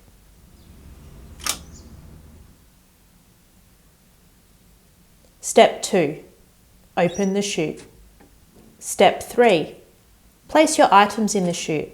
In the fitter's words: will unlock the chute when you hear the click.